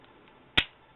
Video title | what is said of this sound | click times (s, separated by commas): Video Review of Universe/Classics 2.0 Sunstreaker | it will push down and clip. | 0.6 s